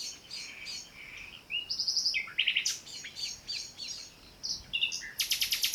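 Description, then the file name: Common nightingale song mixing soft warbled notes, short whistles and sharp chips, ending in a loud, rapidly repeated buzzy rattle. "Luscinia megarhynchos"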